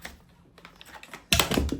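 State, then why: Not seated. A plastic crevice tool is pushed against its holder on the side of a Bissell vacuum cleaner, giving faint light taps early on and then a sudden burst of loud plastic knocking and rattling from about 1.3 s. The tool will not go onto the holder, and nothing has seated or clicked yet.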